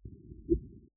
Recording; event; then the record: neck accelerometer signal played as sound; voluntary cough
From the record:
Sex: male